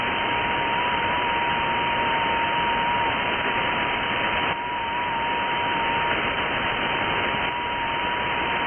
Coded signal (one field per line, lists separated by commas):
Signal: FT8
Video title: 🔴 K6EGG Live stream 2-18-25 DMR, DStar, HF and FT8 Icom IC-9700 AND IC-7610 HF antenna